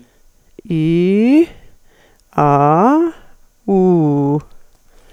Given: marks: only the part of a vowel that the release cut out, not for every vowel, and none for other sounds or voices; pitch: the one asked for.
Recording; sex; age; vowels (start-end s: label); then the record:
sustained vowels; female; 60 to 69 years
0.74-1.36 s: vowel /i/, low-high-low pitch
2.42-2.97 s: vowel /a/, low-high-low pitch
3.73-4.33 s: vowel /u/, low-high-low pitch
From the record:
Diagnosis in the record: functional dysphonia, presbyphonia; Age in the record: 64 years